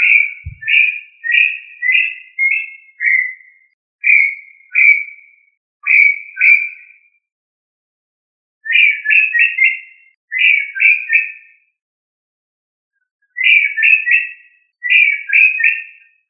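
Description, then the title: Tinamou whistled call: bursts of several short, slurred, falling whistles separated by short pauses; a single low thump near the start. "Familia Tinamidae - Quail - Puyuh"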